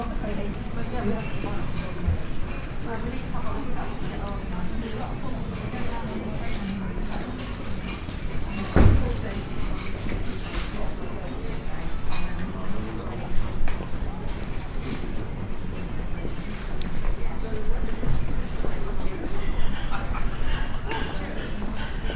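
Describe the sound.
A walk through the medieval City of York, carried by a steady, dense murmur of overlapping voices from start to finish. A sharp knock cuts through just before the nine-second mark, and scattered clacking steps come and go beneath the chatter.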